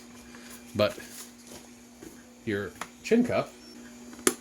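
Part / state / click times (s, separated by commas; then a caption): chin strap snap into a replica helmet shell / seated / 4.3 s. A Hasbro Black Series X-Wing replica pilot helmet made of plastic has its chin strap (chin cup) pressed onto its mount while someone talks. The strap snaps home with one sharp click at 4.3 seconds, and it is seated.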